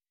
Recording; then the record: hydrophone in a shrimp aquaculture tank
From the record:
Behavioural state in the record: weakened